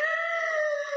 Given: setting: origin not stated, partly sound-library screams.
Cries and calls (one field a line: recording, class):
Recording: one-second piece from a danger detection set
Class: woman in danger